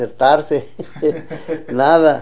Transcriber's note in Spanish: risas